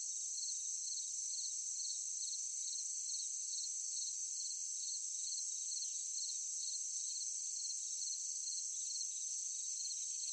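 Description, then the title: Crickets chirp in regular rapid bursts above a constant shrill insect buzz, the rhythm holding steady for the whole stretch. Forest at night, with other insects calling alongside the crickets. "Sound of forest at night, crickets, cicadas, insects. ASMR Nature Sound"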